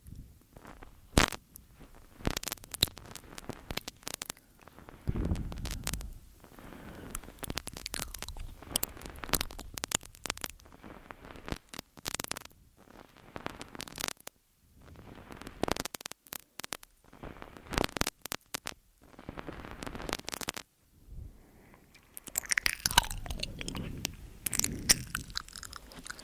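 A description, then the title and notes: Mouth sounds and ear eating: a dense run of wet clicks, smacks and crunchy chewing noises, irregular and fast, with brief silent gaps around 14–15 and 20–22 seconds. Near the end the sounds turn brighter and crackly, with a soft low rumble underneath. MOUTH SOUNDS & EAR EATING Tascam & Dummyhead.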